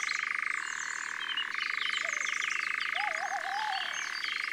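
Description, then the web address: European nightjar churr, a continuous purring trill switching between two pitches several times, accompanied by varied birdsong and a low wavy whistle. "Engoulevent-d Europe. abc de la nature"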